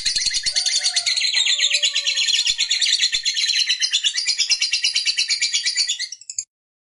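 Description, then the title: Lovebird singing a long, fast, rattling chatter of high buzzy notes, continuous for about six seconds before stopping abruptly. Fighter lovebird singing energetically (gacor). "SUARA Lovebird FIGHTER GACOR"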